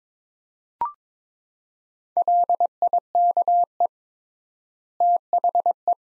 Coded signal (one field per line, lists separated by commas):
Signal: Morse code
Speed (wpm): 22 wpm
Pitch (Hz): 700 Hz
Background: none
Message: LIKE THE